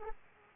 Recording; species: mosquito wingbeat signal from an infrared sensor; Aedes aegypti